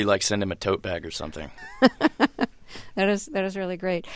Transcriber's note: soundbite of laughter